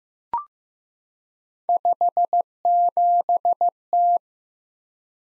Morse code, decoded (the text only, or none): 57T